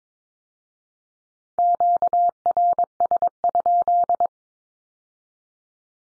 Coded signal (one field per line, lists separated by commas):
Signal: Morse code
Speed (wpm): 22 wpm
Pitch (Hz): 700 Hz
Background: none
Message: QRS?